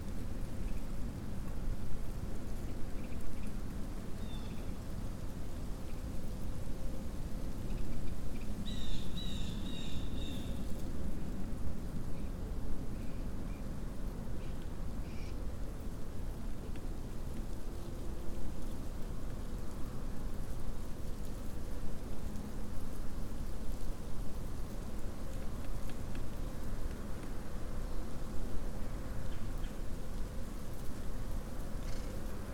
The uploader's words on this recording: Elkhart Bog Nature Preserve. Windy day in a freshly burned oak stand. Mixed audio mono due to the right microphone peaking due to the wind. Constant distant traffic due to proximity to Interstate 80/90.